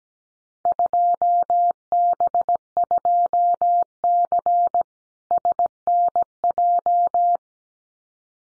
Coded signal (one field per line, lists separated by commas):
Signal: Morse code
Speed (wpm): 17 wpm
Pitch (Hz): 700 Hz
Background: none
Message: 2B2C SNJ